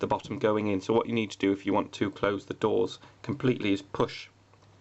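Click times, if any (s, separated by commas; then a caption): none. Someone talks while handling the plastic door of a Games Workshop Drop Pod miniature at its bottom hinge, which pops back out because the whole door bends instead of the bottom going into the model's body. Faint taps sound near the end of the clip, but the hinge has not clicked shut or seated yet.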